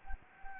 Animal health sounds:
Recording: mosquito wingbeat signal from an infrared sensor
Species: Anopheles gambiae

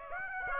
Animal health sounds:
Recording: mosquito wingbeat signal from an infrared sensor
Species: Aedes aegypti

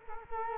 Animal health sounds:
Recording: mosquito wingbeat signal from an infrared sensor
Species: Culex quinquefasciatus

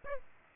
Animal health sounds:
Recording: mosquito wingbeat signal from an infrared sensor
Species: Aedes aegypti

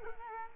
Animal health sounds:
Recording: mosquito wingbeat signal from an infrared sensor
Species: Culex quinquefasciatus

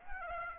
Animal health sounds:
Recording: mosquito wingbeat signal from an infrared sensor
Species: Aedes aegypti

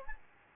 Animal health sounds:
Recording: mosquito wingbeat signal from an infrared sensor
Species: Aedes albopictus

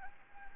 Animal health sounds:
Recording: mosquito wingbeat signal from an infrared sensor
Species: Anopheles arabiensis

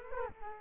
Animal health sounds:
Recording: mosquito wingbeat signal from an infrared sensor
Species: Culex quinquefasciatus

